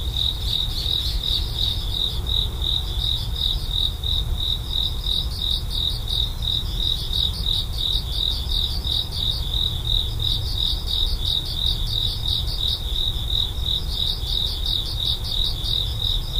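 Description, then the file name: Cricket chirps, a sustained shrill trill that keeps a fast, regular pulse throughout, over a low hum. "korogi"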